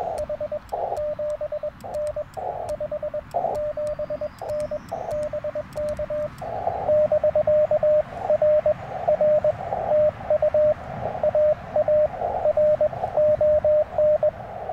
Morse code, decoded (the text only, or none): H 7N 57N BK <BK> R R TU AARON